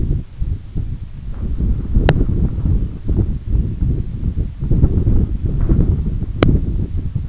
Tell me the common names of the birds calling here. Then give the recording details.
none. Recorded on Arctic tundra, site EABA-1, on 20 June 2018. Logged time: 18:00